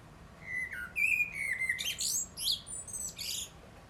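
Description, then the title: Eurasian blackbird calls: short whistled notes followed by a rapid series of high, squeaky chattering notes. Recorded 22 December 2019 at 20:46. "Blackbird-2019-Dec-22 20-46-44"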